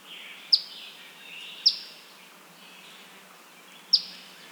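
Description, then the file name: Eastern phoebe calling with three quick, piercing chip notes, the first two close together and the last after a longer gap. "Eastern Phoebe - Sayornis phoebe"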